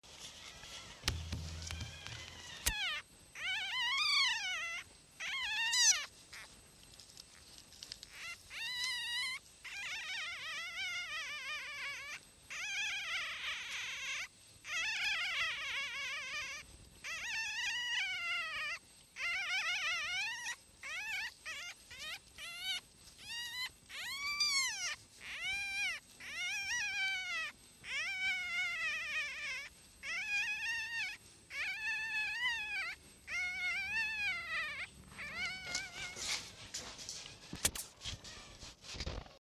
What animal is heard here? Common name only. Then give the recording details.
Red Fox. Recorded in captivity. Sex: female. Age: juvenile. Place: Zoologisches Institut der HUB, Berlin, DE. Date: 1956-04-29 11:45. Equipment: Elmetra. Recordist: Tembrock, Günter. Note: Molly-Welpen: Weibchen: Quärren, etwas stoßend und betont (nach Isolierung)